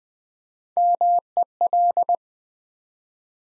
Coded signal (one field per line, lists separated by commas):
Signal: Morse code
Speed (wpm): 20 wpm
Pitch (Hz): 700 Hz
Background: none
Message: MEL